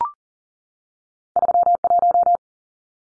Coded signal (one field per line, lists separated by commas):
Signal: Morse code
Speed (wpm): 40 wpm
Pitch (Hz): 700 Hz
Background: none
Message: 31